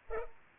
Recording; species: mosquito wingbeat signal from an infrared sensor; Culex pipiens